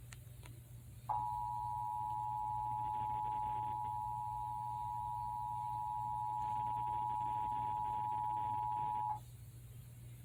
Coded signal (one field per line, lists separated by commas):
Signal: Emergency Alert System (SAME) tones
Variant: 853 and 960 Hz attention tone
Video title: EAS #394: Severe Thunderstorm Watch - Indiana (6/20/2021) (WIPB)